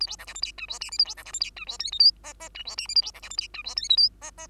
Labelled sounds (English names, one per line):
Bengalese Finch song